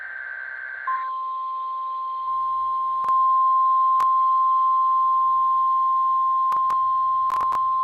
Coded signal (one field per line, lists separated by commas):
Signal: Emergency Alert System (SAME) tones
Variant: 1050 Hz attention tone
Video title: EAS Severe Thunderstorm Warning #3 (From LWX) 6/28/25 (Credit Goes To @SouthernPennsylvaniaWX)